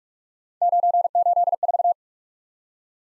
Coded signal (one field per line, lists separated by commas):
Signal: Morse code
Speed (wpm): 44 wpm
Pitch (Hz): 700 Hz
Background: none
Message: 984